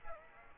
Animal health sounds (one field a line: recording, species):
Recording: mosquito wingbeat signal from an infrared sensor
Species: Aedes aegypti